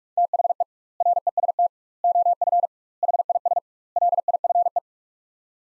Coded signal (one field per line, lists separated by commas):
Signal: Morse code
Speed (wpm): 41 wpm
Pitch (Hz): 700 Hz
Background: none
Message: THE REST OF HIS LIFE